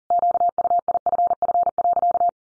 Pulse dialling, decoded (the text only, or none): none